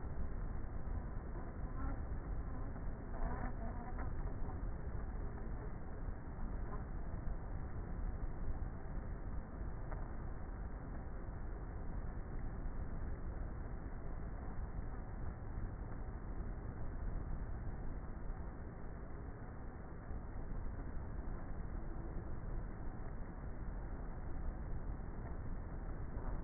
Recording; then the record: honeybee colony, microphone inside the hive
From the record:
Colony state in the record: queenless with a low population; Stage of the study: before two queens were removed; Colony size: about 30,000 bees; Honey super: no